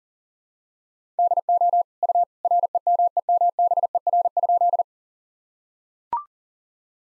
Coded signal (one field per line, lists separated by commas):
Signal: Morse code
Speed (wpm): 40 wpm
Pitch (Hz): 700 Hz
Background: none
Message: DO U REMEMBER?